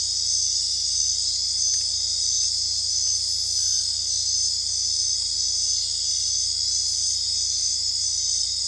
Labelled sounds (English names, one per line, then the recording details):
none
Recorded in dense forest near Puerto Asís, Putumayo, Colombia, on 21 December 2024 at 21:30
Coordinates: 0.485, -76.318
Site GP03